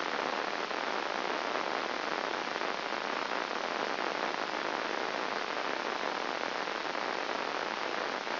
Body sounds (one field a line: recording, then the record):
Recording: brain microelectrode recording played as sound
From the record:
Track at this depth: outside the subthalamic nucleus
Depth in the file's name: 0.306 mm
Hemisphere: left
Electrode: 2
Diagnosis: Parkinson's disease